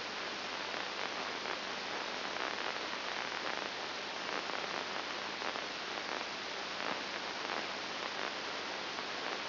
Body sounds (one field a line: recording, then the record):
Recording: brain microelectrode recording played as sound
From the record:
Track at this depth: inside the subthalamic nucleus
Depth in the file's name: 5.101 mm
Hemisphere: left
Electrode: 2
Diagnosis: Parkinson's disease